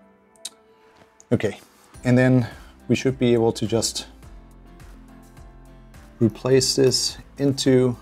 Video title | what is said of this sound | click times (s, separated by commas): Will it crash my Surface Pro 8? Kioxia BG4 PCIe 4.0 SSD replacement | and then it'll just snap into place | 0.5 s